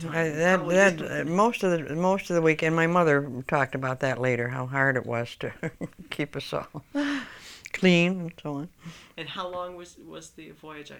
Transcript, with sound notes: Uh huh, that, that, most of the, most of the week. My mother talked about that later, how hard it was to (she laughs) keep us all clean and so on.
And how long was the, was the voyage?